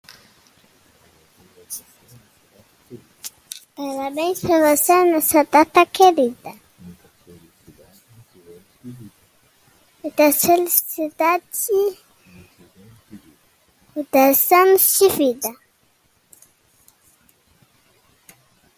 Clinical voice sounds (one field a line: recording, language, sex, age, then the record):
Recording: short text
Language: Brazilian Portuguese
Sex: male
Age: 40 to 49 years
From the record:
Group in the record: control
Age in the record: 40 years